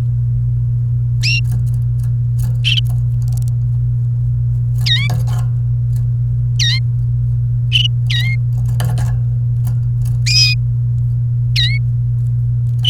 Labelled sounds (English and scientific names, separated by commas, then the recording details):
Domestic Canary (Serinus canaria) song
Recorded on 29 April 2018 at 12:05
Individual llb3